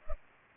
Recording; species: mosquito wingbeat signal from an infrared sensor; Culex pipiens